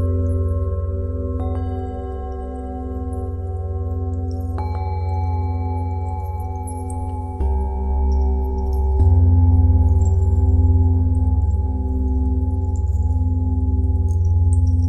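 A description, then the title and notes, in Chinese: Singing bowls ring in a healing meditation, layered tones sustaining and overlapping without pause. New strikes enter around 1.5, 4.5, 7.5 and 9 seconds, each adding a fresh bright ring over a deep, steady hum that grows fuller in the second half. 钵音疗愈冥想。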